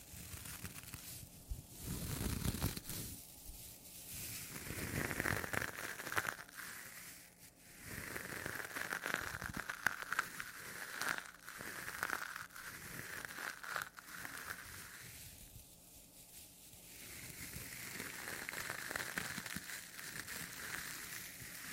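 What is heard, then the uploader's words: A sponge is scratched and rubbed in repeated back-and-forth strokes, each a rough, hissy swish lasting a second or two, with brief pauses between. The strokes are fairly regular, bright and gritty, with small crackling snaps scattered through them. ASMR Sponge Scratching & Rubbing (NO TALKING).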